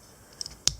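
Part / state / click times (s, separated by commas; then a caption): plastic double-hinge torso section locking into the figure's body / seated / 0.7 s. A plastic Transformers Generations Titans Return Wolfwire action figure is being transformed: a torso section on a double hinge is shifted up and in against the body. Two faint ticks at about 0.4 and 0.5 seconds are followed by one sharp, loud click at 0.7 seconds. That click is the double-hinge torso section locking into place in the figure's body.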